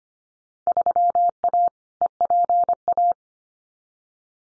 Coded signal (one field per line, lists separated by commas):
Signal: Morse code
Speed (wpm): 25 wpm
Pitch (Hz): 700 Hz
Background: none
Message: 3A EPA